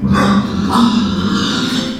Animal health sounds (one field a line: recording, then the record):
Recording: squeal of a Yucatan mini pig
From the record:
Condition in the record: after surgery on the right vocal fold (resection and tissue-engineered implant)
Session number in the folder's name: 13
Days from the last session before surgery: 113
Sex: female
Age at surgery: 19 weeks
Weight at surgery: 25 kg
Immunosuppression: prednisolone